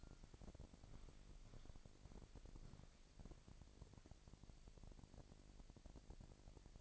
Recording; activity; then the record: daily activity, microphone in the room; walk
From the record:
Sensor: 5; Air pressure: 1001.8 hPa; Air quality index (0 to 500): 186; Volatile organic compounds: 13 ppm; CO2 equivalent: 2385 ppm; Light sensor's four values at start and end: 33/106/40/43 and 33/106/40/43